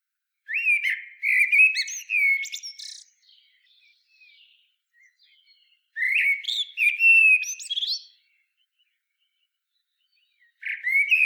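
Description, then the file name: Common blackbird song, three mellow fluted phrases spaced several seconds apart, the first two closing with thin squeaky twitters, quiet pauses between. "Turdus merula"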